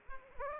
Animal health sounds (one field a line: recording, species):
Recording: mosquito wingbeat signal from an infrared sensor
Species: Aedes aegypti